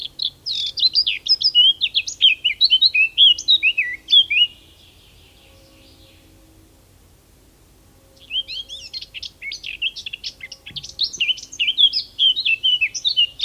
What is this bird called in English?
Eurasian Blackcap